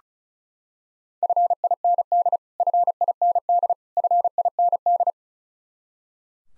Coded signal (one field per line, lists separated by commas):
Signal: Morse code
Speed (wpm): 36 wpm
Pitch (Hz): 700 Hz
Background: none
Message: FIND FIND FIND